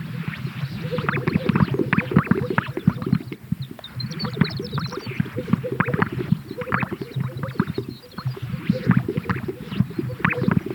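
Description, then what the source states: Greater sage-grouse giving repeated deep popping and gurgling display sounds in a busy chorus; a short series of thin high twittering notes is heard briefly. At a lek.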